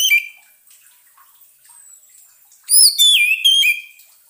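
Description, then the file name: Orange-headed thrush singing a brief note, then after a pause a louder phrase of clear whistles with long sliding tones. Orange-headed thrush (anis merah) song used as a lure recording, intended to keep a bird from becoming stressed. "suara pancingan burung anis merah agar tidak stress"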